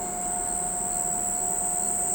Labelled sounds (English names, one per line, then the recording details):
none
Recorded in pastures near Pivijay, Magdalena, Colombia, on 17 April 2023 at 04:30
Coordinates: 10.456, -74.369
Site P6-G026